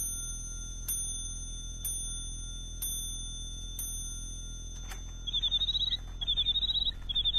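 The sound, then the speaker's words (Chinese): A bird-song clock, a gift from the Empress Dowager to be passed on to Zhan Tianyou, rings bright, bell-like dings about once a second, then breaks into rapid, high mechanical chirping trills in short repeated bursts. No one speaks. “你替我把这座鸟鸣钟送给詹天佑，这是太后赏给我的”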